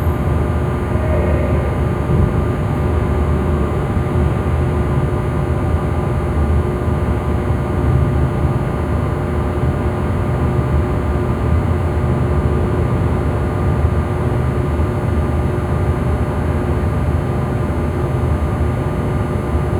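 A steady, dense rumble fills an industrial building stairwell, heaviest in the low range, like machinery or ventilation running nonstop. Faint fixed tones hum through it without change. Around the first couple of seconds a brief higher chirp or squeak stands out.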